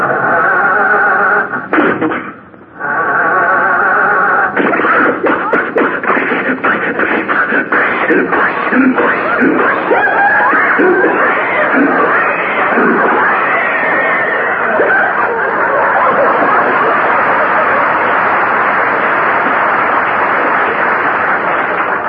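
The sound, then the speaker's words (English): A voice imitates a car engine struggling to start, a long run of loud, rhythmic coughing and sputtering that chugs unevenly, stalls briefly, then rattles on as a rougher, steadier drone. “what's wrong with the motor?”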